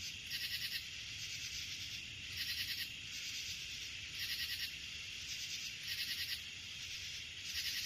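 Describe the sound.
Crickets chirping in repeated bursts of rapid high pulses over a steady hiss.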